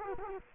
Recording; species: mosquito wingbeat signal from an infrared sensor; Culex quinquefasciatus